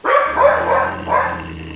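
Hovawart: dog barking, three full, rough barks in quick succession, the second running longest, then fading out with a faint hum underneath.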